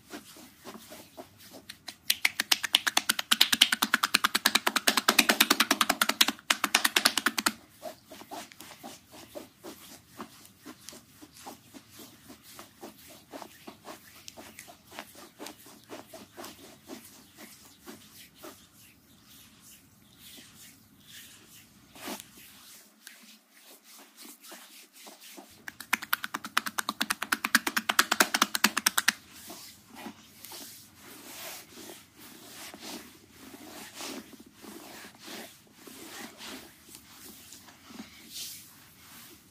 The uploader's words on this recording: ASMR Tingle Foot Massage with lotion.